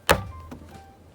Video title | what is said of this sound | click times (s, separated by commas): DIY Windshield Spray Nozzle Replacement for 2007 - 2012 Jeep Liberty | and it'll just snap right in | 0.1 s